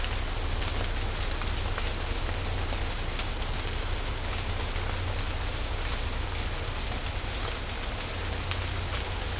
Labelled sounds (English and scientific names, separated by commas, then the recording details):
none
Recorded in secondary vegetation near Puerto Asís, Putumayo, Colombia, on 18 December 2024 at 16:00
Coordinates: 0.502, -76.326
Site G028